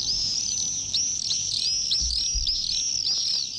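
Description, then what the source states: Common Swift screaming calls, shrill buzzy trills sliding up and down in a continuous overlapping chorus. Adults, a sound heard in May; one of five swift species in the Iberian Peninsula; have already left for Africa.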